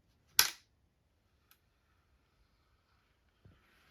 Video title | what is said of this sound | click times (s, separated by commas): Shooting The Crossbow In The Office aka Test-firing Liza's New Crossbow! | And then you hear it snap, let off easy. | 0.4 s